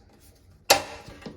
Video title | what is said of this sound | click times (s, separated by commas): How to Fix a Leaking Toilet. Caroma Dual Flush. A Step By Step Guide. | That's clicked into place. | 0.7 s